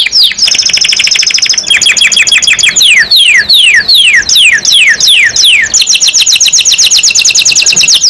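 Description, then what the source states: Canary song, a rapid buzzy trill followed by a series of falling swept notes and another long bright trill. Domestic canary described as gacor, singing constantly, and as a first-place champion songbird.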